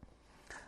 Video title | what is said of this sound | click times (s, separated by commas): Hozelock Tap and Hose End - 2 Pack | push the hose connector onto the tap connector until you hear a click and then | 0.5 s